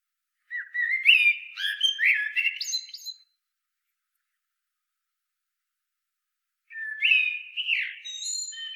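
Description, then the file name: Common blackbird song: a melodious rolling phrase of several fluted notes with high squeaky tails, silence, then a second warbled phrase. "Turdus merula"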